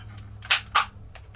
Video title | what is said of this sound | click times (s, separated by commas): Replacing the Battery Cage - Phantom 4 Pro V2 | like to hear that satisfying snap | 0.8 s